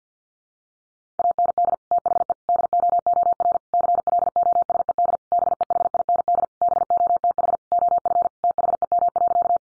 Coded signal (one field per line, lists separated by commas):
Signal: Morse code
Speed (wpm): 50 wpm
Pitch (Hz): 700 Hz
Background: none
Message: AND THE DOOR CLOSED BEHIND BOTH OF THEM.